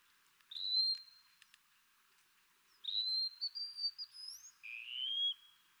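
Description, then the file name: Wallcreeper giving a short high whistle, then a stepped rising one and a lower slurred note, with faint clicks early on. "TICHODROME"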